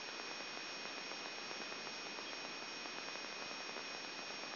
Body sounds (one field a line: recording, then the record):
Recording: brain microelectrode recording played as sound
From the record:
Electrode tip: outside the subthalamic nucleus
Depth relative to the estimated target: 3 mm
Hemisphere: right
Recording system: AlphaMap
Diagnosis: Parkinson's disease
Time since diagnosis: 7 years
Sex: male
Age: 59 years